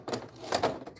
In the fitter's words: and that's it that's it it's a lock you get a little click that locks right there